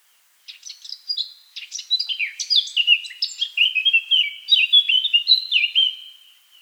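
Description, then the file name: Eurasian blackcap singing one continuous, hurried warble of jumbled chattering notes that turns into clearer, fluting whistles toward the end, lasting about six seconds. "Sylvia atricapilla"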